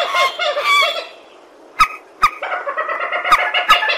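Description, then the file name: Purple swamphen gives a short burst of nasal honking, a brief quiet gap, then more cackling notes with sharp clicks. "tieng trich re keu"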